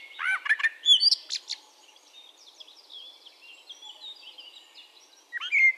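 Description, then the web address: Eurasian blackbird song: low fluted warbled notes opening into a high squeaky twitter, a quiet stretch with faint background birds, then another fluted phrase near the end. "SETE data Turdus merula"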